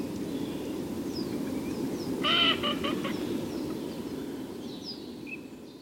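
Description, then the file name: Eurasian teal calls: a brief harsh burst of rapid repeated notes near the middle, with scattered short high chirps throughout over a steady low rushing background. "Kricka"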